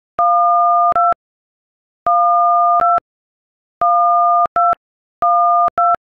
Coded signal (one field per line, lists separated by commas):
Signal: DTMF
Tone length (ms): 190 ms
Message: 12 12 12 12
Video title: Jaws theme song on iPhone keypad